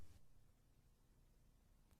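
The split-folding rear seat backrest of a BMW E46 3 Series sedan is being lifted back toward its upright latch. Only a quiet low hum is heard, with a soft rush at the start and a faint brief tick near 1.9 s. The backrest has not yet clicked or seated into place.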